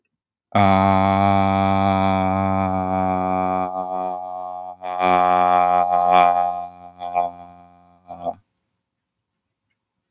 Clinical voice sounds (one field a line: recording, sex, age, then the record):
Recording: vowel held as long as possible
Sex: male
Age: 20 to 29 years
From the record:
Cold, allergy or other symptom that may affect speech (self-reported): no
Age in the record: 20 years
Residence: Texas, United States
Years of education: 13